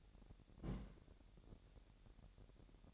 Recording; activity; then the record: daily activity, microphone in the room; place on stove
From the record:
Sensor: 3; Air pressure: 1012.0 hPa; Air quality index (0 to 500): 202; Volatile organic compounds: 3 ppm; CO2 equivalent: 1512 ppm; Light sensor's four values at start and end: 110/260/106/94 and 110/260/106/94